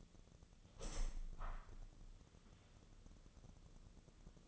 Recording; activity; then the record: daily activity, microphone in the room; open window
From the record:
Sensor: 4